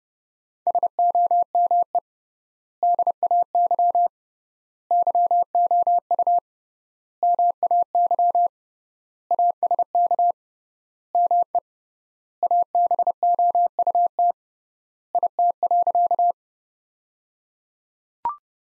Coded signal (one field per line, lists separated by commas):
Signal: Morse code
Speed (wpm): 30 wpm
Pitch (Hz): 700 Hz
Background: none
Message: SOME DAY YOU MAY ASK ME ABOUT IT.